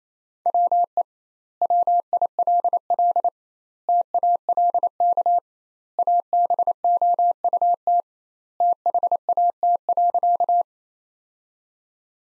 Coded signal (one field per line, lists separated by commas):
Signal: Morse code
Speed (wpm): 28 wpm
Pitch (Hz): 700 Hz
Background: none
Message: WE WILL TALK ABOUT THAT.